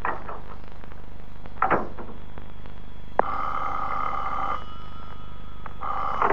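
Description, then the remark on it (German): A telephone rings in two long, steady bursts with a bright, buzzing mid-pitched tone, following a few soft knocks and rustles over low background hum. No one speaks. “Obersturmbannführer Willi Krause persönlich am Telefon.”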